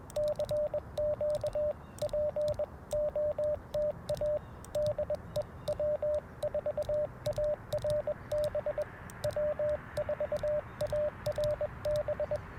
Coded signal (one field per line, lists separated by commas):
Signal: Morse code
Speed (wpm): 21 wpm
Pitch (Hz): 590 Hz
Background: radio noise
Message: CQ POTA DE W4ARB W4ARB